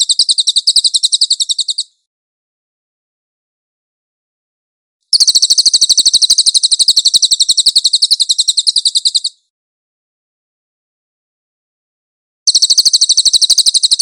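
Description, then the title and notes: Cililin song: rapid bursts of high, buzzy repeated chirps, each run lasting a few seconds and separated by silent gaps, with no other sounds. "SUARA BURUNG CILILIN. CICILIN"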